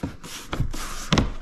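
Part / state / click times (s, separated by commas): window sweep seal onto door frame flange / seated / 1.1 s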